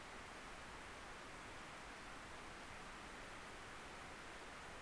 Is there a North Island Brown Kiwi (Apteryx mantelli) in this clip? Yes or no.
no